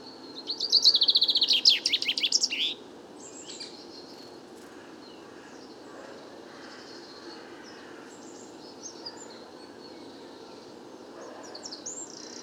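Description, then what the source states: Common chaffinch delivering one loud, rattling phrase of rapidly repeated notes at the start, followed by a long stretch of only faint, scattered bird calls. Bois de Vincennes, 16 February 2019; first chaffinch song recorded that year, amid fine weather; muddled, weaker, babbling courtship song for females nearby; Nagra Seven, Wiltronic parabola, mono.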